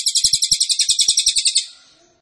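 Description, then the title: Cililin song: a rapid, even trill of bright high notes running steadily for over a second and a half, then fading out. Cililin song, used to teach songbirds. "Cililin AMPUH. Masteran Burung cililin masteran sang juara"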